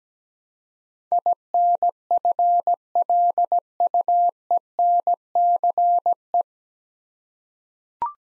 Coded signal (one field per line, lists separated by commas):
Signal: Morse code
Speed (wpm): 17 wpm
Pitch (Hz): 700 Hz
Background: none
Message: INFLUENCE